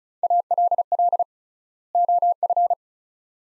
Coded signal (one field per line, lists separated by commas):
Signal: Morse code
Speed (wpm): 36 wpm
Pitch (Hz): 700 Hz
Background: none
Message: ALL OF